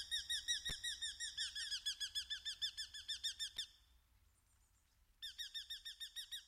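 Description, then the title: Eurasian hobby calling in a quick string of sharp, ringing notes, a pause of about a second and a half, then the rapid series starts again. "Viikon luontoääni: Nuolihaukka"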